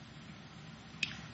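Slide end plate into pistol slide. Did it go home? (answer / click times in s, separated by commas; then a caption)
yes / 1.0 s. The metal end plate on the back of a pistol slide is punched all the way in over the striker assembly until it locks. A single sharp, bright click sounds at 1.0 s over a low, steady background noise. The backplate is now locked into position.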